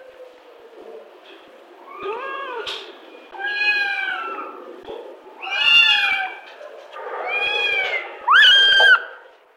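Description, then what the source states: Cat: kittens meowing: about five plaintive, harmonic meows over ten seconds, some rising then falling, the last one loudest and sharpest, with soft background noise between calls. Kittens in a kennel.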